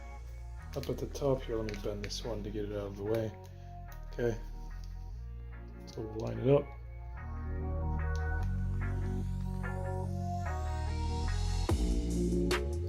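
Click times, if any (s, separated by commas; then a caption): none. A replacement ear pad for a pair of Sony WH-1000XM3 headphones is handled and lined up on the headphone earcup, with one part bent out of the way, while someone talks over background music. Nothing has seated or clicked yet; the ear pad's plastic clips have not snapped in.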